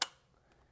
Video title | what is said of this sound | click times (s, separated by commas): 2023 Ibex Assembly | then I'm going to pull this up into the frame you'll hear it click | 0.0 s